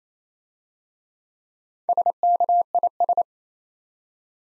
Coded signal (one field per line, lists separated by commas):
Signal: Morse code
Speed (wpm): 27 wpm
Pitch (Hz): 700 Hz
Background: none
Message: SKIS